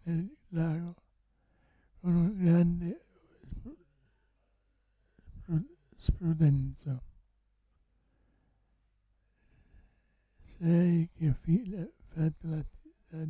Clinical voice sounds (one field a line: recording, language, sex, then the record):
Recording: read passage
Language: Italian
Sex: male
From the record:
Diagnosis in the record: Parkinson's disease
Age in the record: 65 years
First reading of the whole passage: 164 s, 3.2 characters per second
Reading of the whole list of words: 151 s, 1.9 characters per second